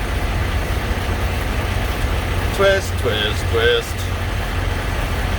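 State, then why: Not seated. A plastic retaining collar is set by hand over a new filter element in a Davco fuel-water separator housing on a Kenworth T680 with a PACCAR MX-13 engine, and lined up carefully so the seal seating isn't disturbed before it is twisted down. A steady low engine-like hum runs throughout, and someone talks briefly between about 2.6 and 3.8 seconds. Nothing has seated or clicked yet.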